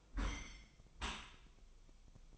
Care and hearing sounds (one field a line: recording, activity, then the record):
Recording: daily activity, microphone in the room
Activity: close dishwasher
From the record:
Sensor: 1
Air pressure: 1004.8 hPa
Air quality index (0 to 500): 108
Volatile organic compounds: 3 ppm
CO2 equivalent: 1491 ppm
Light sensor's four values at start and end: 9/22/8/9 and 9/22/8/9